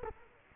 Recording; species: mosquito wingbeat signal from an infrared sensor; Culex quinquefasciatus